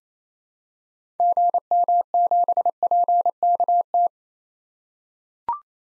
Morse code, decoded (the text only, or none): GM7PKT